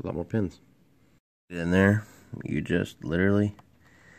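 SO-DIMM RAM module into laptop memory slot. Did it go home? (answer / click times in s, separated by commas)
no / none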